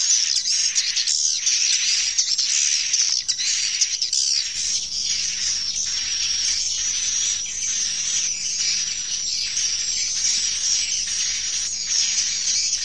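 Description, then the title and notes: Swiftlet chorus of shrill, overlapping chirps forming an unbroken high twitter, with louder clicking pulses at intervals and a faint low hum. Swiftlet farming, Asia. "Swiflet Bird Sound. Farming Swiflet Bird asia sound"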